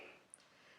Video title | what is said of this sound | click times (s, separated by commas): Did I Waste My Money? Addi Rocket Square Interchangeable Needle Review! | it clicks in place thus the name Addie clicks and if you do this right | 0.3 s